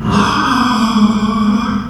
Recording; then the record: squeal of a Yucatan mini pig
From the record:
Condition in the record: after surgery on the right vocal fold (resection and tissue-engineered implant); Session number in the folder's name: 15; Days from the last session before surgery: 175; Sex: female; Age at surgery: 19 weeks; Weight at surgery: 25 kg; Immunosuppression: prednisolone